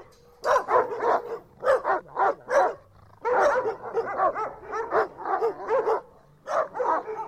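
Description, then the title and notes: Dogs bark in repeated clusters, a chorus of sharp yelps and woofs broken by short gaps of quiet. Several dogs in Pontos, Girona, Spain. "perros de Pontos, Girona, Espania"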